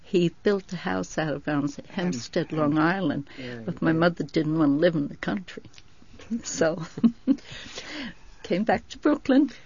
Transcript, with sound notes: He built a house out in Hempstead, Long Island, but my mother didn't want to live in the country. So, ( she laughs ) we came back to Brooklyn.